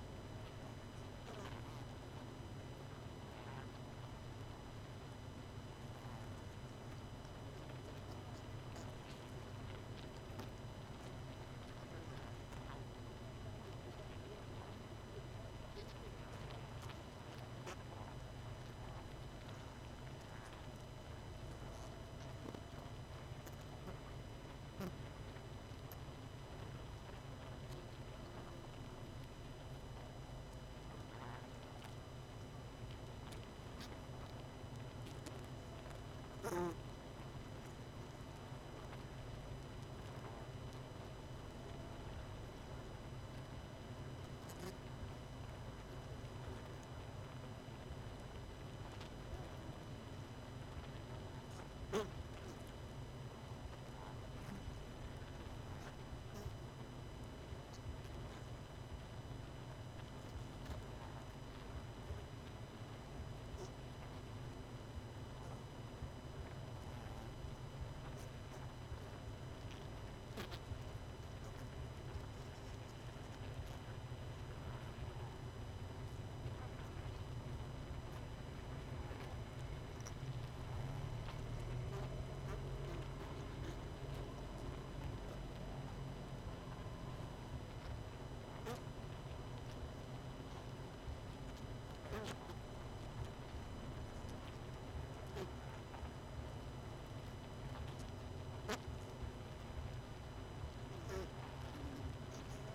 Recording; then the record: honeybee colony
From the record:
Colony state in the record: missing queen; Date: 31 May 2018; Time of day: 20:15